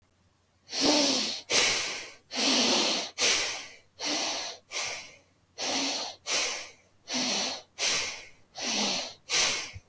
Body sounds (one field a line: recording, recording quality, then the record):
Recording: shallow breathing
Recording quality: excellent, no background noise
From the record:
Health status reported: healthy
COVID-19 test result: negative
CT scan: not taken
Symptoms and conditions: none ticked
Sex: male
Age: 29 years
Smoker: no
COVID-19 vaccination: both doses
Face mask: not worn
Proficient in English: yes